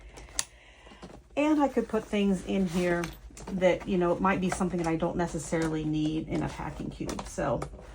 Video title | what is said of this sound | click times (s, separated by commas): How I Pack Carry -On Only - Organized, Wrinkle Free, Stress Free! | They snap right into place here. | 0.4 s